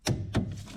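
A click-type torque wrench tightens the banjo bolt on a multi-piston brake caliper before the caliper is fitted to the carrier, since access would be lost later. The wrench gives one sharp click at its set torque at 0.1 s, and a second, softer knock follows at about 0.4 s. The bolt is confirmed torqued to the setting.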